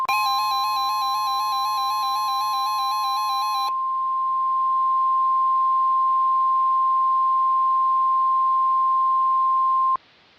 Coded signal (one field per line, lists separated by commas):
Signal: Emergency Alert System (SAME) tones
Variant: 1050 Hz attention tone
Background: music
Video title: (VALID TONES) EAS Mock - Evil Darwin, The Conclusion (Part 4) (READ DESCRIPTION)